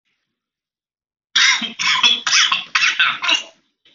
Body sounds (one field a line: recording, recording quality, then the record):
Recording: heavy voluntary cough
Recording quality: moderate, slight background noise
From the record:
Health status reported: COVID-19 positive, mild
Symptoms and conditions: cough, cold, fever, loss of smell and taste, asthma, chronic lung disease, pneumonia, hypertension, diabetes, ischaemic heart disease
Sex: male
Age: 40 years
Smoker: yes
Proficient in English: yes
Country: India